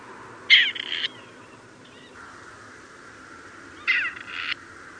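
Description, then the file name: Grey Partridge giving two harsh, grating, creaky calls, each about half a second long, roughly three seconds apart, over a faint steady background hiss. "Starna"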